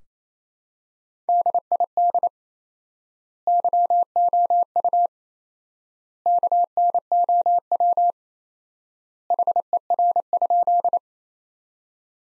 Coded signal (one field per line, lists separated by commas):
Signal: Morse code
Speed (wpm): 27 wpm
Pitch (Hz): 700 Hz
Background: none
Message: DID YOU KNOW HER?